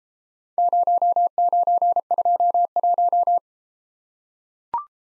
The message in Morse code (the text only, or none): 0921